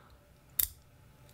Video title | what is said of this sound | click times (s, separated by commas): On the Wrist, from off the Cuff: WwRR - Ep. 34; Dear Seiko, Regarding Toolless Micro-Adjust Clasps | that's great you get a couple of clicks | 0.6 s